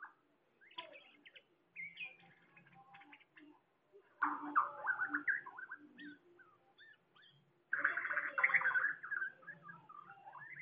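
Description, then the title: Bird song with two loud bursts of rapid, jumbled chirping and warbling, separated by quieter scattered whistled notes. "SuaraBurung Kicau"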